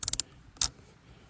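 A Yankee Hill metal rifle suppressor is unscrewed from its quick-detach muzzle mount on a rifle, its ratchet giving a rapid series of sharp clicks at 0.0, 0.1, 0.1 and 0.2 seconds and one more at 0.6 seconds. The suppressor ratchets off and is released from the mount.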